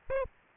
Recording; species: mosquito wingbeat signal from an infrared sensor; Aedes aegypti